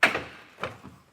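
A Fas-Top Pro Soft roll-up tonneau cover's end latch on a 2024 Jeep Gladiator is released from the truck bed rail, checking that it unlatches properly on either side. A sharp clunk at 0.0 s is followed by a softer knock at 0.6 s. The latch releases and works just fine.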